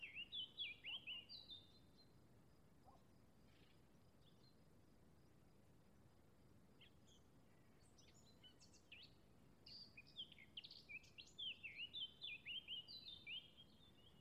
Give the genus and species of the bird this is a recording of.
Sylvia atricapilla